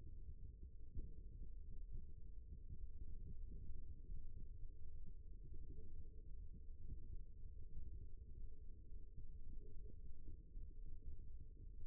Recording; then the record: forearm muscle sounds (acoustic myography)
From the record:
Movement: rest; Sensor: system 1, eight BSWA MPA416 microphones around the upper forearm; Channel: 3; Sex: male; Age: 23 years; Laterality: right